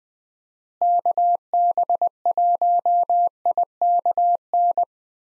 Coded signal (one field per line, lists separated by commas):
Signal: Morse code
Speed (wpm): 20 wpm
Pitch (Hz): 700 Hz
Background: none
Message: KB1IKN